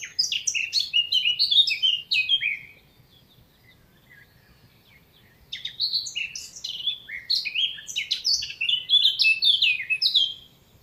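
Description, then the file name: Eurasian blackcap warbling in two bursts of rapid, scratchy and fluty notes, separated by about three seconds of quiet. "Sylvia atricapilla"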